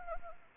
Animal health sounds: mosquito wingbeat signal from an infrared sensor; Anopheles arabiensis

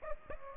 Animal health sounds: mosquito wingbeat signal from an infrared sensor; Aedes aegypti

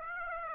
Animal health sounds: mosquito wingbeat signal from an infrared sensor; Aedes aegypti

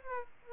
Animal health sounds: mosquito wingbeat signal from an infrared sensor; Aedes aegypti

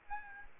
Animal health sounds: mosquito wingbeat signal from an infrared sensor; Aedes albopictus

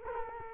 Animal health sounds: mosquito wingbeat signal from an infrared sensor; Culex quinquefasciatus

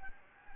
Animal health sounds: mosquito wingbeat signal from an infrared sensor; Anopheles gambiae

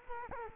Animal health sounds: mosquito wingbeat signal from an infrared sensor; Culex quinquefasciatus

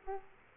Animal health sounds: mosquito wingbeat signal from an infrared sensor; Aedes aegypti

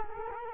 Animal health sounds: mosquito wingbeat signal from an infrared sensor; Culex quinquefasciatus

